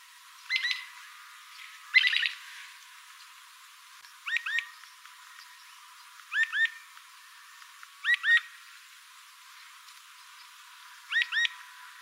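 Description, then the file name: Rufous-fronted thornbird song: doubled, rising chirp notes repeated every few seconds, with denser, buzzier bursts of notes near the start. "Canto do mexeriqueira"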